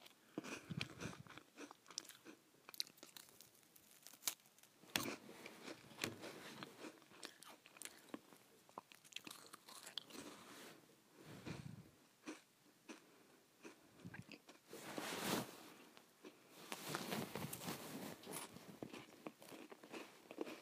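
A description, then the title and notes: Someone eats saltines with dense, irregular crunchy bites and chewing throughout, loudest bursts around fifteen and seventeen seconds. ASMR Eating Saltines.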